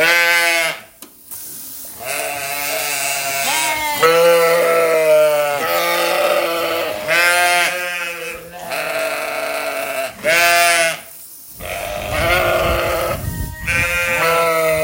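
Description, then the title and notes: Sheep bleating almost continuously, many tremulous calls with short gaps and some low rumbling noise. Sheep in a field. "Ovellas Coens. escoitamos perfectamente as ovellas no campo"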